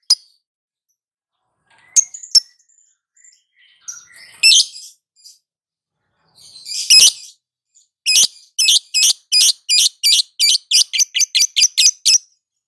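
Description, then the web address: Lovebird calls: scattered chirps and harsh squawks, building into a fast, regular series of piercing chirps that speeds up. Female lovebird. "love-bird suara-lovebird-betina"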